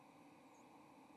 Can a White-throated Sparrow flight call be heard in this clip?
no